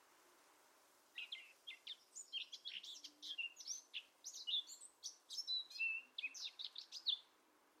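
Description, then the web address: Bird singing a hurried run of scratchy chirps and brief whistles after a second of quiet, the phrases jumbled and continuous, over soft background hiss. "cianscape birddata Deverinetal 2025"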